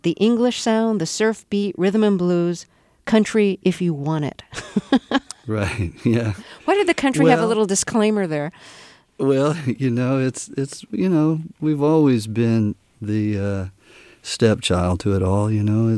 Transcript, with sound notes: The English sound, the surf beat, rhythm and blues, country if you want it.
(Soundbite of laughter) Right. Yeah.
Why did the country have a little disclaimer there?
Well, you know, it's, you know, we've always been the stepchild to it all, you know?